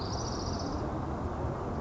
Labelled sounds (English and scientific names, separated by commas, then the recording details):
Spotted Towhee (Pipilo maculatus)
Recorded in Sonoma County, California